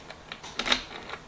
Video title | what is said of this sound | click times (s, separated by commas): Roadster Add On Battery- Full Install | and then lock it in place so that's a half turn and now it's locked and we're ready to go ride | 0.6 s, 0.7 s